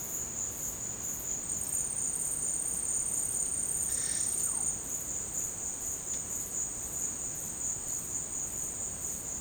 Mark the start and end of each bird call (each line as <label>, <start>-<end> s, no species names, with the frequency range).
bird call (0.5-2.1 kHz), 4.40-4.67 s